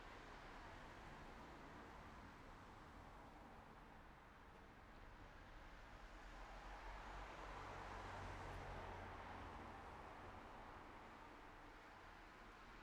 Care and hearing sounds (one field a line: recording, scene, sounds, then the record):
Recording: everyday scene through a hearing-aid microphone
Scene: in traffic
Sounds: traffic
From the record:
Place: city secondary road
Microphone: behind the ear, right, front